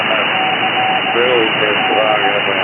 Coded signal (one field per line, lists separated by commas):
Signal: Morse code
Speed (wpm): 16 wpm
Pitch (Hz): 760 Hz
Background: speech, radio noise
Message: C D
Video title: what is this????? cb radio